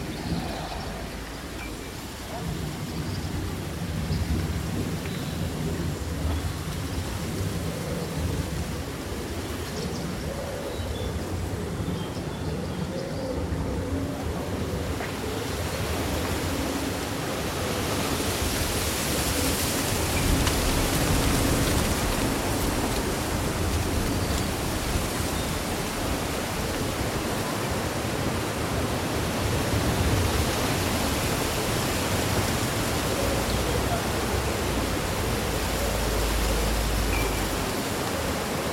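Summer wind rushes through rustling leaves in a dense, steady hiss with a low rumble of gusts underneath. Around fifteen seconds the wind swells, turning brighter and fuller, and it stays strong through the end.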